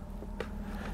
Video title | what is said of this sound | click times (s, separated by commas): etrailer - Setting up the Curt Spectrum Brake Controller w/ Custom Harness on a 2021 Jeep Gladiator | just push that down make sure that each of the little tabs on each side lock into place there | 0.4 s